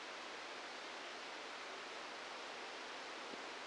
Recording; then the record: brain microelectrode recording played as sound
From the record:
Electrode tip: outside the subthalamic nucleus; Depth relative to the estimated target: 4 mm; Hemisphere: left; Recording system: NeuroSet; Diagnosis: Parkinson's disease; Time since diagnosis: 15 years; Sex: female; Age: 59 years